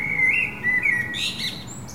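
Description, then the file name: Common blackbird singing a clear, flute-like warble that dips and rises, closing with a brief squeaky high twitter. "Turdus merula"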